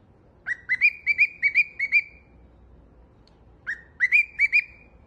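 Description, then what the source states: Cockatiel whistled song in two phrases, each a quick series of clear notes climbing slightly in pitch, separated by a pause. More than one cockatiel, whistling song.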